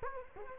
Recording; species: mosquito wingbeat signal from an infrared sensor; Culex quinquefasciatus